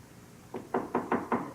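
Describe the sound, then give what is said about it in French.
Five quick knocks on a door in a steady rhythm, made by a father visiting his daughter in Quebec, the first one lighter and the rest firm and solid, with no voices. “Je me demande qui ça peut être. La seule façon de le savoir, c'est d'aller ouvrir la porte.”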